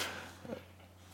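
A dog, Satanas, sneezes once indoors, possibly from a cold caught in the freezing weather outside.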